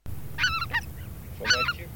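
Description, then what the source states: Greater white-fronted goose flock calling: high, harmonic yelping honks in two bursts, with quieter calls between them. Flock chorus of calling geese, for an electronic hunting caller.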